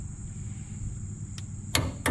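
A torque wrench set to 135 ft-lb tightens the hub bolts on a pickup's front wheel hub over a low background hum with a steady high whine. A faint tick at 1.4 s comes before the wrench's sharp click at 1.8 s, which confirms the bolt reached torque. A second loud click follows at 2.1 s.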